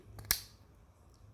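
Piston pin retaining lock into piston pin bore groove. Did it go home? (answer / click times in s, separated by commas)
yes / 0.3 s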